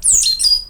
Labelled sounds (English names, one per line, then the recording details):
Stitchbird song
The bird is a male
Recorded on Tiritiri Matangi Island, New Zealand, in 2005
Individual 12, of nest box 16